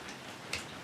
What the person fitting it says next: there it goes it's snapped in and it's ready to go